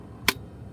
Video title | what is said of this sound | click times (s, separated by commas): CarPlay & Android Auto Portable Screen Installation & Setup - Easy Plug-and-Play Solution | and you should hear a click | 0.3 s